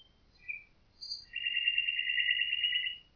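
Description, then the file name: Common nightingale song: a few short separate high notes, then a long, fast, rattling trill held for almost two seconds. "Nachtigall"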